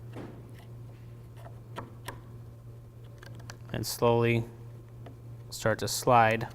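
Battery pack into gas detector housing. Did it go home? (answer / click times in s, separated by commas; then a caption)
no / none. A battery pack is lined up with its bigger end, holding the batteries, towards the buzzer before being slid into the housing of an RKI GX-2001 gas detector. Only small handling ticks are heard, near 1.8, 2.1 and 3.2 to 3.5 seconds, while someone talks. Nothing has seated or clicked yet.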